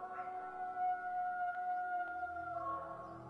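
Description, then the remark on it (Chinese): A call of the Falkland Islands wolf, a species extinct since 1875: a long, steady howl-like tone holding one pitch with layered harmonics for about three seconds, no voices, and a faint low rumble creeping in near the end. “南极狼于1875年灭绝，”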